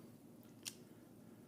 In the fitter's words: And it's got a liner lock on it, so it locks in place.